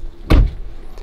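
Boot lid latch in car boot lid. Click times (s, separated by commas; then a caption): 0.3 s. After the boot (trunk) lock on an old Rolls-Royce is adjusted, the handle catch is pressed and the metal boot lid latch lets go with a loud, sharp click at 0.3 s, followed by a much fainter tick near 1.0 s. The latch releases and the boot now opens really easily, with no more adjustments needed.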